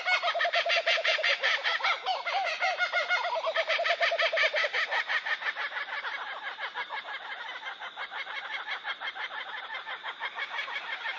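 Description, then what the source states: Kookaburra laughing in rapid cackling notes, starting with rolling low hoots, then a dense raucous laugh that gradually fades. Cry described as birdsong sounding very much like laughter.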